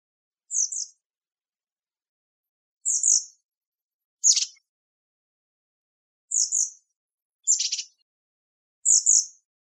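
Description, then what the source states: Bird calls: sharp high double chirps spaced a second or two apart, with two harsher rasping notes among them, and nothing else audible. Mechanical calls.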